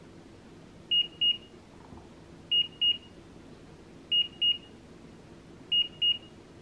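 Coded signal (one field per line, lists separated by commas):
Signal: none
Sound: a soy milk maker's beeps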